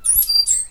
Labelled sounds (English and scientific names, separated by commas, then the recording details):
Stitchbird (Notiomystis cincta) song
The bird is a male
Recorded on Tiritiri Matangi Island, New Zealand, in 2005
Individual 8, of nest box 10